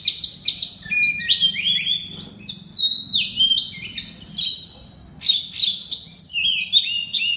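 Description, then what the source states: Oriental magpie-robin pouring out a dense, continuous stream of loud, shrill whistled and warbled notes, rising and falling rapidly, with one brief pause. Loud 'ngeplong keras' singing style of a magpie-robin known locally as kacer.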